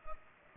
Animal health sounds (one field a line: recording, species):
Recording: mosquito wingbeat signal from an infrared sensor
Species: Culex pipiens